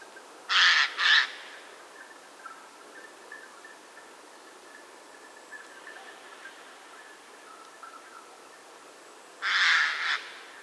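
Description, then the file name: Eurasian jay giving harsh, rasping screeches: a quick pair at the start, then another doubled screech near the end after a quiet stretch. "Garrulus glandarius"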